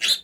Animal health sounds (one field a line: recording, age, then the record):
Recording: pig call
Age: piglet (1 to 25 days)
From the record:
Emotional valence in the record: negative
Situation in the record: castration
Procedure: castration, shear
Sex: male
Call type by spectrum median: high-frequency call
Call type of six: high-frequency stable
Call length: 0.24 s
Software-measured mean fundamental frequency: 131 Hz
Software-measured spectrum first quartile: 3260 Hz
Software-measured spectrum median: 3922 Hz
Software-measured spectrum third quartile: 4932 Hz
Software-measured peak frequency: 4112 Hz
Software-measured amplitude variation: 201 dB a second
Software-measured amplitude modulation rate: 6.3 a second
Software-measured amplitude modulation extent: 31.8 dB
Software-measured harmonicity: 4.9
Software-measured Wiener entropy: -2.43